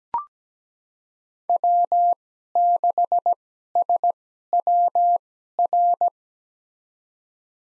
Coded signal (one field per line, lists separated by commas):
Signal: Morse code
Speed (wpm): 17 wpm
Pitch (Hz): 700 Hz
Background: none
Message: W6SWR